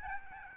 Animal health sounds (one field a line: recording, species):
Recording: mosquito wingbeat signal from an infrared sensor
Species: Aedes albopictus